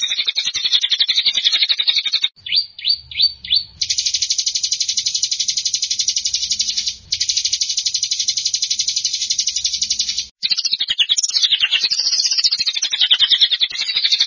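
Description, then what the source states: Canary song mixing warbled phrases, a few separate sliding whistles, then a long rapid buzzy trill and more varied warbling at the end. Champion singing canary.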